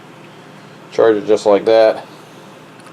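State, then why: Not seated. A rechargeable bike light is handled at its mount under the seat post while someone talks over a steady low background hum. Nothing has seated or clicked yet.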